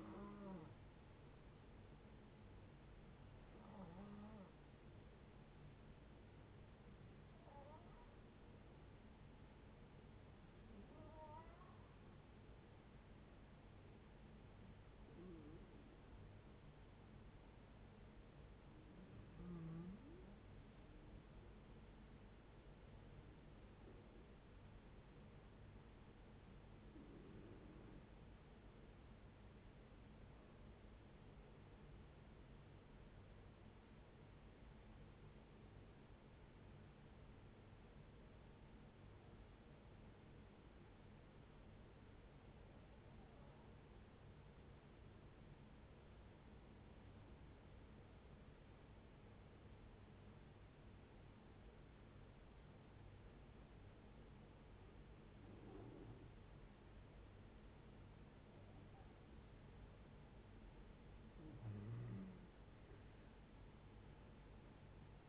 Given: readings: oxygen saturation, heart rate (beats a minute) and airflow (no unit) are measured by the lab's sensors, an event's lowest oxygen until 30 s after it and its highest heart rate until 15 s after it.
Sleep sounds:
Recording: breathing in sleep by a voice recorder at the bedside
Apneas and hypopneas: 2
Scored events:
3.00-17.70 s: hypopnea (N2, oxygen 93% highest, then 89% lowest, heart rate 68 at the start, 69 highest)
28.00-58.20 s: hypopnea (N2, oxygen 91% highest, then 72% lowest, heart rate 59 at the start, 81 highest)
32.00-65.29 s: new sleep stage, N1 (lightest sleep)
From the record:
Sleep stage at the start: N2 (light sleep)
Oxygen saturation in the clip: 79 to 93%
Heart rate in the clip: 56 to 69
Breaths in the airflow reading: 20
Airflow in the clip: -9.9 to 10.6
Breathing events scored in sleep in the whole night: 496 in 5.4 hours asleep

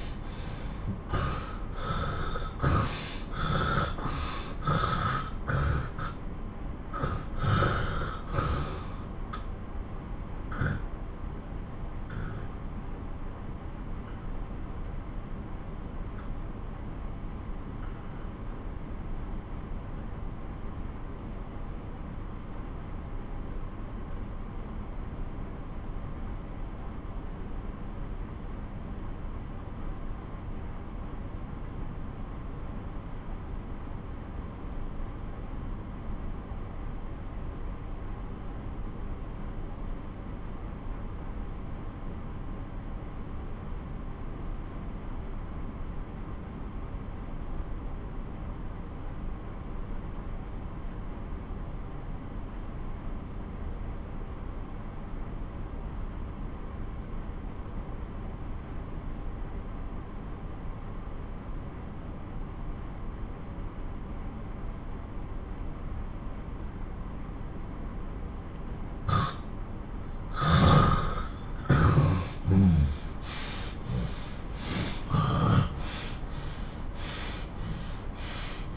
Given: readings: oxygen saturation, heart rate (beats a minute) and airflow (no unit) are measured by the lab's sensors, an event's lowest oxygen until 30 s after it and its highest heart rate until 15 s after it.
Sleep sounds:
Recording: breathing in sleep by a smartphone at the bedside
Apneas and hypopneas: 1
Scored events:
9.00-66.60 s: obstructive apnea (N2, oxygen 95% highest, then 84% lowest)
54.00-78.77 s: new sleep stage, N1 (lightest sleep)
From the record:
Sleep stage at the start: N2 (light sleep)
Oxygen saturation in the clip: 83 to 95%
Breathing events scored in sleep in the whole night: 217 in 6.3 hours asleep

